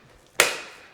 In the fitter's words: locks into place and then you're ready to start using it again